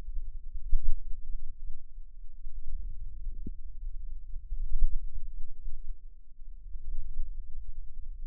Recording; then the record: forearm muscle sounds (acoustic myography)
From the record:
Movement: wrist extension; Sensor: system 2, bracelet of six BSWA MPA416 microphones around the upper forearm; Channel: 1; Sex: female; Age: 22 years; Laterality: right